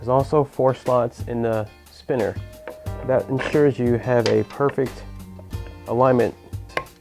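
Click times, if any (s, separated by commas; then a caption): 6.8 s. A plastic propeller is pressed onto the spinner backing plate of a Dynam SeaWind RC seaplane so that its four slots line up with the four slots in the spinner. Someone talks through most of the clip, and one sharp click at 6.8 s marks the propeller popping into place, seated.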